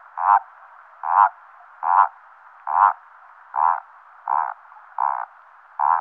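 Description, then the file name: Common toad croaks, eight short rasping notes evenly repeated about every three-quarters of a second. Recorded at a wetland at Sissonne. "Crapaud commun"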